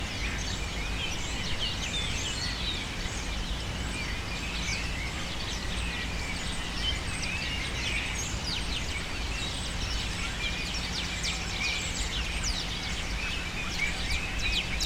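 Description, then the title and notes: Bird: a chorus of many birds calls without pause, countless sharp, piercing notes overlapping continuously for the whole stretch, with a steady low hum underneath. Birds using cypress trees in the recordist's city as a refuge, screaming without stopping, especially in the afternoon. "Pájaros En La Fábrica. Muchos de los cipreses de mi ciudad se han convertido en el refugio de pájaros que, sobretodo por la tarde, gritan sin parar"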